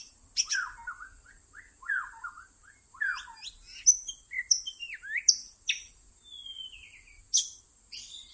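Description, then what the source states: White-rumped shama song of repeated slurred low phrases, then sharp high whistles and bright chips in varied order, with high steady hiss. Lure (pikat) recording made for attracting birds.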